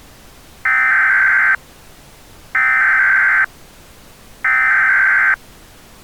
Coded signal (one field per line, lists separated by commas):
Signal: Emergency Alert System (SAME) tones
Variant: header bursts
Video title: (EAS Scenario) Lost Equestrian Couple on Earth